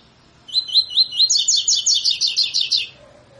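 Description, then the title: Double-collared seedeater singing one phrase of rising slurred whistles that quickens into a fast, bright, buzzy trill. Tutor song used for training birds; song style called tui tui fibra. "COLEIRO TUI TUI FIBRA CANTO PROFESSOR"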